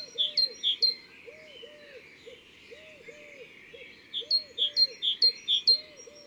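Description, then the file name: Great tit singing a bright, see-sawing pair of notes, repeated rapidly in a short run and then a longer one, over steady low arched notes from another caller. Recorded in the Drôme, France. "Mesange cherbonniere Concerts Naturels de la Drome Studio les Trois Becs"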